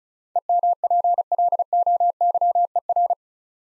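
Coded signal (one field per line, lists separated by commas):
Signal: Morse code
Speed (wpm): 34 wpm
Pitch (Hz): 700 Hz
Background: none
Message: EMPLOYER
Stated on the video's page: Head-copy drill of eight-letter words at 35 wpm, each word sent in Morse, spoken, then sent again.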